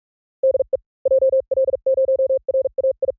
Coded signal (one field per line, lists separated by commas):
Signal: Morse code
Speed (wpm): 46 wpm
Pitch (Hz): 470 Hz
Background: none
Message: DE JL0RAI